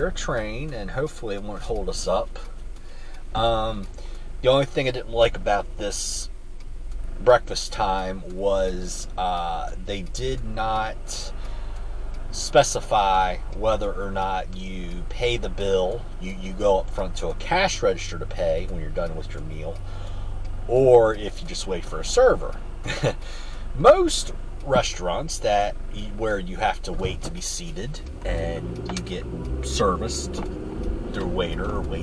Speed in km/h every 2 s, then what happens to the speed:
0, 0, 0, 0, 0, 0, 0, 0, 0, 0, 0, 0, 0, 0, 3, 21.
0-27 standing. 27-32 pulls away to 21.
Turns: none.